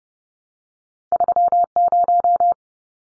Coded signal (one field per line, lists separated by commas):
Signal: Morse code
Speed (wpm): 30 wpm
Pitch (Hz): 700 Hz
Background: none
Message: 30